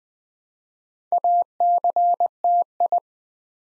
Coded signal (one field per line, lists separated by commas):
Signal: Morse code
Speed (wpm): 20 wpm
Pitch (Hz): 700 Hz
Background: none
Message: ACTI